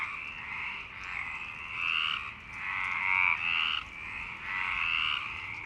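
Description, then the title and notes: Frogs croaking in chorus, overlapping rasping pulsed croaks in repeated swelling bursts. Frogs in Parc Longchamp, Marseille, Provence-Alpes-Côte d'Azur, France; 26 March 2011 at 19:35; recorded with a MixPre-6 and Basic UCHO. "Marseille, Provence-Alpes-Côte d'Azur, France - 26_03_11_19_35 Longchamps_004 grenouilles. Grenouilles au parc de Longchamp"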